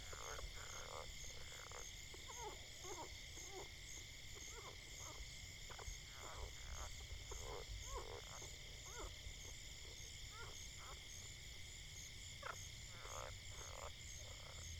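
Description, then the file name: Frogs croaking in short, irregular rasping bursts, several animals overlapping, over a steady high-pitched hum throughout. Several frogs, calling wildly. "Frogs going Crazy"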